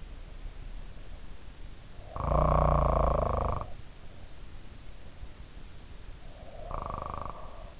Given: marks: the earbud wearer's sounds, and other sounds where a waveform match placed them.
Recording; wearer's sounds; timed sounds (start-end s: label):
sounds in sleep by an in-ear microphone; snoring breath
1.97-3.80 s: snoring breath
6.14-7.80 s: snoring breath